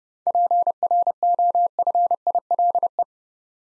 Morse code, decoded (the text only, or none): PROFILE